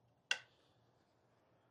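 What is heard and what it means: A small retaining clip on the ionization module of a Saab 9-3 is hooked back into place. It gives one sharp, bright click at 0.3 s that fades quickly into near-silence. The clip is seated.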